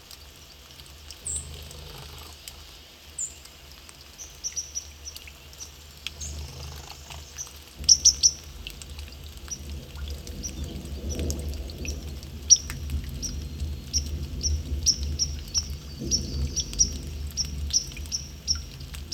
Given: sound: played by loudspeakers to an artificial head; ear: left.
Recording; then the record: nature sounds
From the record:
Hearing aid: none